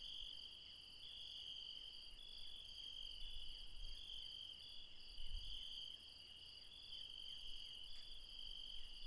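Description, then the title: Insects call together in a steady shrill trill, with brief low thuds in the background. Insects recorded late at night in the mountains at Refuge Krevatia, Barbala, Dion, Greece. "Refuge Krevatia, Μπαρμπαλά, Dion 601 00, Greece - Late night mountain insects"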